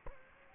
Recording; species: mosquito wingbeat signal from an infrared sensor; Culex quinquefasciatus